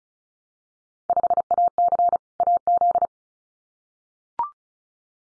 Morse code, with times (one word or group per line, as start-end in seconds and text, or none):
1.1-2.2 5AC
2.4-3.1 AZ